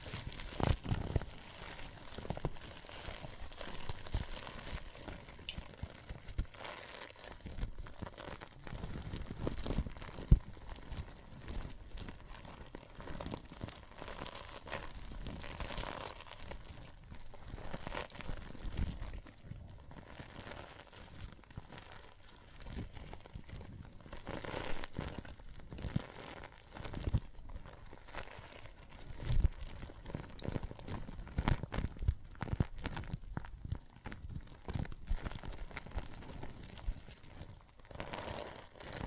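Water and soap foam fizz and crackle steadily, a dense bed of tiny popping and crinkling bubbles across the whole clip. Brighter clusters of pops swell and fade every few seconds, with one sharp snap near the ten-second mark.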